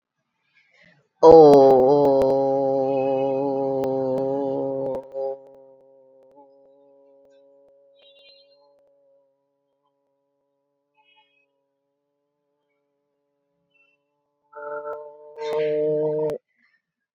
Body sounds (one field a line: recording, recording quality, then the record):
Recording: sustained vowel as in boot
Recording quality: excellent, no background noise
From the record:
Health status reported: COVID-19 positive, mild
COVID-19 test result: positive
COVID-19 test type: RT-PCR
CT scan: not taken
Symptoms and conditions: cough, cold, fever, fatigue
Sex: female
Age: 33 years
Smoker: no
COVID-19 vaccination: both doses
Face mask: not worn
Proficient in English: yes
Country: India